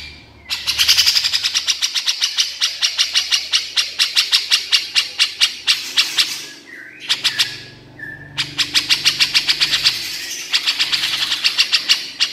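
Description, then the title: Horsfield's bush lark song of long, fast, rattling trains of sharp high notes, broken by short pauses and a few brief whistles. Vigorous, full-voiced song (super gacor). "KICAUAN BRANJANGAN SUPER GACOR"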